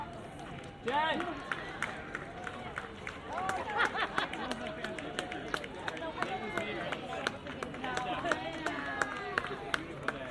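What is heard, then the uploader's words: At a race finish line, overlapping voices chatter and call out, with frequent sharp claps and footfalls against a steady outdoor crowd murmur. An eleven minute binaural recording from the finish line of the Sleepy Hallow Halloween 10k.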